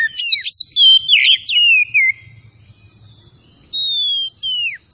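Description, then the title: Oriental magpie-robin singing loud, varied whistled phrases with sharp downward sweeps, a pause, then long sliding whistles; a steady high tone runs underneath. Singing vigorously (gacor). "Kacer Tretes Gacor"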